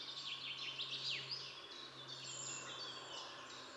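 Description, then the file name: Marsh tit calls: a quick burst of high, sharply down-slurred notes in the first second and a half, then quieter chatter beneath a faint steady hum. "Poecile palustris"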